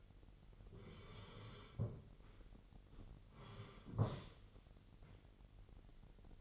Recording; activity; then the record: daily activity, microphone in the room; sit down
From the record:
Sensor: 4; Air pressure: 999.4 hPa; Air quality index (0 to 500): 109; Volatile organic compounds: 2 ppm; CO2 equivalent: 1078 ppm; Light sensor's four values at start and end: 11/26/10/11 and 11/26/10/11